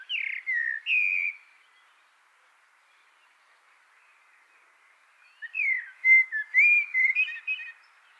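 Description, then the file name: Common blackbird giving a few slurred whistles, then after a silent pause a longer mellow warbled phrase of looping whistled notes. "Turdus merula"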